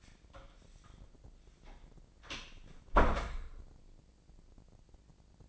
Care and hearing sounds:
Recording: daily activity, microphone in the room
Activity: close door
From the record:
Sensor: 5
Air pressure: 1012.5 hPa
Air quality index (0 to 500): 155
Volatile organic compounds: 2 ppm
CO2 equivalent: 1060 ppm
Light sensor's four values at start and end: 239/580/244/268 and 224/543/228/249

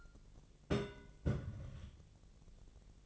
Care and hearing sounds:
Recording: daily activity, microphone in the room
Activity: place on stove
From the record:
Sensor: 4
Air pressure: 1000.8 hPa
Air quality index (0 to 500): 128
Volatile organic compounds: 1 ppm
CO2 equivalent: 961 ppm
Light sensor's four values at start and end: 37/89/37/41 and 37/90/38/41

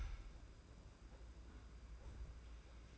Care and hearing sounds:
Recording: daily activity, microphone in the room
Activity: close fridge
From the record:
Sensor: 2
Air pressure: 991.8 hPa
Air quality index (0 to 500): 221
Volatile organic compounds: 1000 ppm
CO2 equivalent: 7390 ppm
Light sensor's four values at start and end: 26/83/32/30 and 26/83/32/30

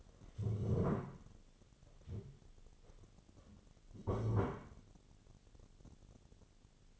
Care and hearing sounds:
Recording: daily activity, microphone in the room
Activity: stand up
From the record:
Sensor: 4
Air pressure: 1016.1 hPa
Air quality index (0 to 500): 180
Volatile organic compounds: 8 ppm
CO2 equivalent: 2056 ppm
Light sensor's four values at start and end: 9/20/8/7 and 9/20/8/7

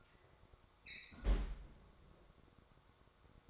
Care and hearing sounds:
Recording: daily activity, microphone in the room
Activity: close fridge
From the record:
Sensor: 3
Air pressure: 1004.5 hPa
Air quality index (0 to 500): 191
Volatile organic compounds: 13 ppm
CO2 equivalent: 2394 ppm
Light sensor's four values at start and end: 5/13/5/5 and 5/13/5/5

